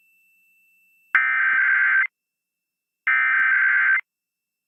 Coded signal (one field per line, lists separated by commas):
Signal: Emergency Alert System (SAME) tones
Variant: header bursts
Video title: September Weekend Tests Finale (EAS #22701-22707) 9/28-29/24